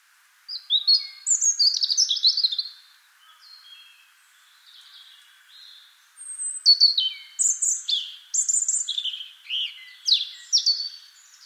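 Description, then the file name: European robin song in two bursts: a rich run of high, fluty whistles and fast trills, a quieter stretch of faint notes, then another cascading, varied phrase. "Erithacus rubecula"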